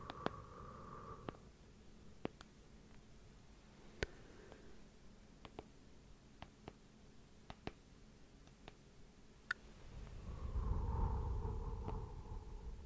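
Slow, irregular tapping clicks sound every second or so over a low hum, with a rumbling breath swelling near the start and again around eleven seconds.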